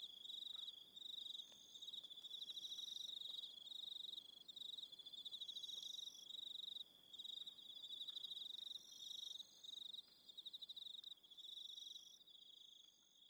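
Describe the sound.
Cricket song, a high rapid pulsing trill in long bursts broken by brief pauses, with extra high chirping trills overlapping.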